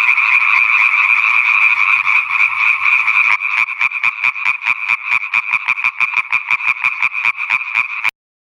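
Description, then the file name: Italian tree frog chorus: a solid grating wall of sound for about three seconds, then distinct harsh pulses repeating rapidly before stopping abruptly. "Raganella (Hyla intermedia)"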